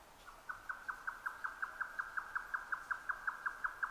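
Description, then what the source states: Grey nightjar song, a continuous string of rapid, regular chopping notes. Recorded 12 June 2009 at 22:41.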